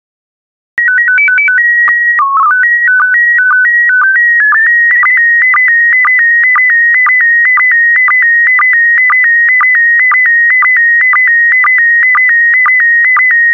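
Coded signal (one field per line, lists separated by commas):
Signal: SSTV (slow-scan television)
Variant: PD 120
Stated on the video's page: SSTV images sent in PD120 mode, recreated from stock photos with audio prompts.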